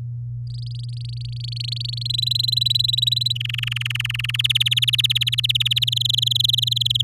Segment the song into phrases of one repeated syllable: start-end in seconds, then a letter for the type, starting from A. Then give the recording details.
0.47-2.07 A, 2.09-3.33 B, 3.35-4.37 C, 4.39-5.84 D, 5.87-7.02 E. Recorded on 11 May 2018 at 06:30. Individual llb16